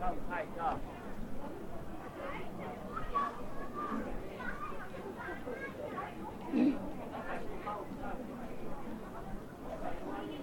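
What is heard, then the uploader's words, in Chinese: At Hongyadong in Chongqing, a dense crowd talks over itself without pause, many voices blending into a steady murmur. Individual words surface now and then above the chatter. A brief louder call or clatter stands out around six and a half seconds. 重庆洪崖洞。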